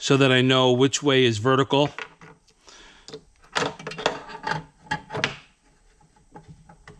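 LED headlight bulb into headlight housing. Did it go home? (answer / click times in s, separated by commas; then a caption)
yes / 5.2 s. Someone talks, then an LED headlight bulb, marked with tape to show which way is vertical, is put back into the headlight housing of a Porsche Cayenne and turned. Rubbing and a series of sharp clicks follow, and the bulb locks into place with the loudest sharp hit at 5.2 s.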